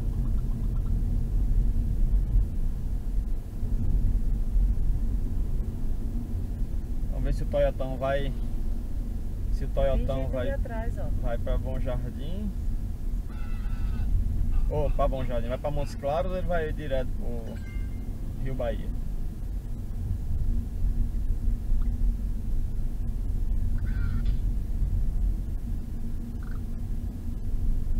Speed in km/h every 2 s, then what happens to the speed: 42, 40, 35, 33, 33, 30, 30, 30, 30, 29, 31, 32, 32, 33.
0-10 slows to 30. 10-28 steady at about 30.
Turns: none.